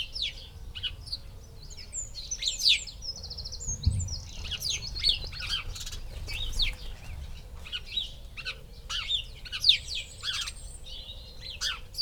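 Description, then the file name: House sparrow chirps: busy, overlapping short chirping notes throughout, over a low steady hum. "Passer domesticus"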